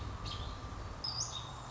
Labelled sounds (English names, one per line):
American Robin